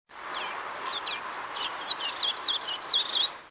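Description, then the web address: Blue-gray tanager singing a rapid, high-pitched series of thin, sweeping notes that tumble downward in quick succession for about three seconds. "naturesongs bgta"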